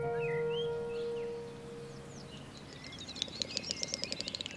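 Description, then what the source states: Great snipe calling: a quick run of dry, ticking pulses rising into high whistled notes, after a low steady hum and scattered thin bird calls. Rare breeder on wet meadows of the Dviete lowlands, on the river at the Latvia–Lithuania border; call audible from afar.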